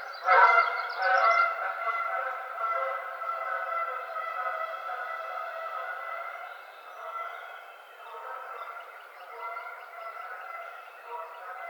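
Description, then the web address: Canada goose honking: a loud burst near the start, then a long, blurred stretch of quieter, steadier honking. Recorded 30 April 2009. "Canada Goose 2009 04 30"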